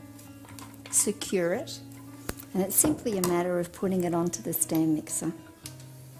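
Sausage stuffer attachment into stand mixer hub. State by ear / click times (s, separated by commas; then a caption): not seated / none. A metal KitchenAid 5SSA sausage-stuffer attachment is handled at a stand mixer's attachment hub while someone talks over background music, with a few brief knocks near the start at about 0.2, 0.6 and 0.7 s. The clip ends just before the attachment goes home, so nothing has seated or locked into the hub yet.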